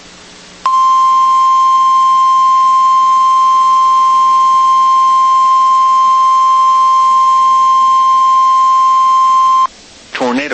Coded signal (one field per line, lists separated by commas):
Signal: Emergency Alert System (SAME) tones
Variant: 1050 Hz attention tone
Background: speech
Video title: NOAA Weather Radio · WXK80 Lafayette, Louisiana · EAS #7-8 · Double Header Tornado Watch · 12/28/24